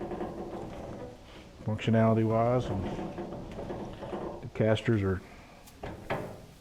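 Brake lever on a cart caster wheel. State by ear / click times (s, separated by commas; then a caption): seated / 5.8 s, 6.1 s. Someone talks while the brake pedal on a caster wheel of a Harbor Freight five-drawer tool cart is pressed down. Sharp clicks are heard at 5.8 s and 6.1 s as the caster brake locks down.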